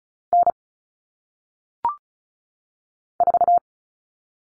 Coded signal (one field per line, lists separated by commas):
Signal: Morse code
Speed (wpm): 34 wpm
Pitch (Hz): 700 Hz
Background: none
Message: N 4